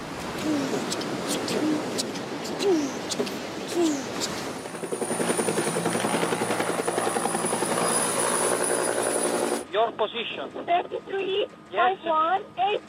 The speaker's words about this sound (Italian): Avete sentito suoni di mare, suoni di elicotteri, suoni di guardia costiera che chiede la posizione, insomma avete capito, si parla di immigrazione, di migranti